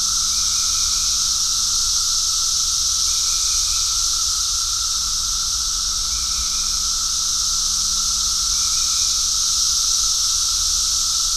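Cicadas keep up an even, hissing high-pitched drone throughout, with brief faint chirps now and then and a low hum in the background.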